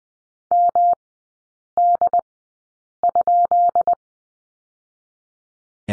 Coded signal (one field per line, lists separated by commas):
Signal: Morse code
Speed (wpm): 20 wpm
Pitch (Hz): 700 Hz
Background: none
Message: MD?